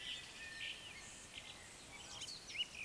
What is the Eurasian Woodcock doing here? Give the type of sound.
whistle, croak